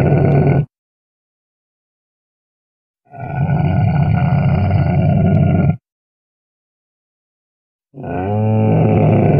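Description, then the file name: Camel groaning roars: deep, rough bellows in three bursts separated by silence, the middle one lasting nearly three seconds. "Tieng con lac da keu"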